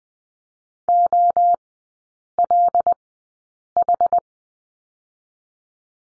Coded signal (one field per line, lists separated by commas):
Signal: Morse code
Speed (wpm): 20 wpm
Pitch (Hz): 700 Hz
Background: none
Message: O L H